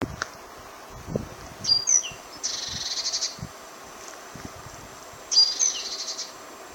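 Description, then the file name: Great tit call series: a thin high note leading into a long buzzy rattle, then another thin note and buzz near the end. "Parus major"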